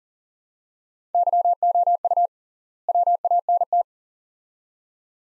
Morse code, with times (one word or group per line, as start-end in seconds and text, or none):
1.1-2.3 YOU
2.9-3.8 WANT